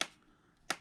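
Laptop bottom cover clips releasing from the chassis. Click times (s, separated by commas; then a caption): 0.0 s, 0.7 s. The plastic retaining clips of an Alienware M15/M17 laptop's bottom cover snap loose as the cover is pried away from the chassis. Two sharp clicks sound at 0.0 and 0.7 seconds, with quiet in between. The clips release and the cover comes free.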